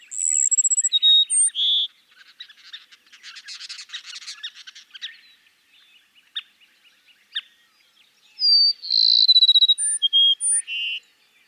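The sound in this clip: Cassin's sparrow sings two phrases of trills and whistled notes, with a burst of dense chattering between.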